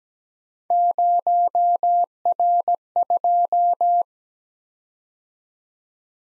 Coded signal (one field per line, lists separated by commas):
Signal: Morse code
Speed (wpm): 17 wpm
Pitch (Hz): 700 Hz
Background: none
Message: 0R2